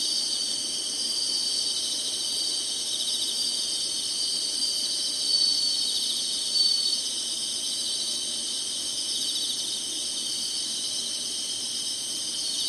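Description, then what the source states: Insect chorus, an unbroken shrill trilling held at high pitch, loudness nearly constant with a couple of brief swells. Singing, in summer.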